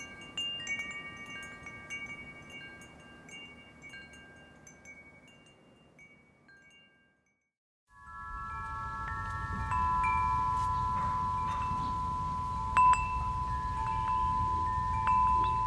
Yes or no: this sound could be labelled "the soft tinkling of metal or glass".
yes